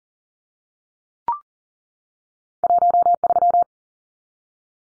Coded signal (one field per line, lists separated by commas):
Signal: Morse code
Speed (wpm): 40 wpm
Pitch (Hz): 700 Hz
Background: none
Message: 13